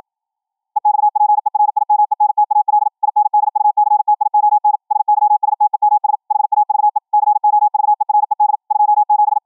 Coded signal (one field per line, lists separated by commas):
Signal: Morse code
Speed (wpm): 53 wpm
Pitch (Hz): 840 Hz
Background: none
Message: EXPERIMENTAL INDUCTION SYSTEMS HAVE COVERED 27